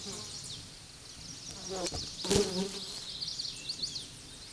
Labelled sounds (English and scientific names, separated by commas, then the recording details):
Common Yellowthroat (Geothlypis trichas) song
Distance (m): 45 m
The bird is about 5 m below the microphone
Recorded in a Pennsylvania forest on 16 May 2024 at 09:50
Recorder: AudioMoth, point MSD-2257
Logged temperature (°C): 16.0 °C
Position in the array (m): 224 m, 186 m